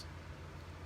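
A plastic motor casing is handled over the truck of a Kato P42 model locomotive as the motor is prepared for a DCC upgrade, with the casing about to be pressed down and snapped into place. Only a steady low hum and faint background noise are heard, with no distinct hits. Nothing has seated or clicked yet.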